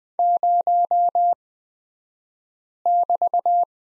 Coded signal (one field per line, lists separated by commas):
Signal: Morse code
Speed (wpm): 20 wpm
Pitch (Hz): 700 Hz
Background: none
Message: 0<BT>